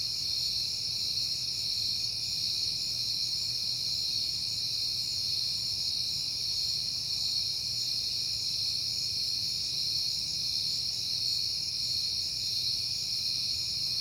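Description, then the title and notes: Crickets trilling in an unbroken, even high-pitched drone, with a quiet low background rumble beneath. Crickets recorded on a peaceful night in September. "Night Time: Crickets and Passing Cars. It is September and I have been hearing the crickets a lot, but finally had a peaceful night to make the recording"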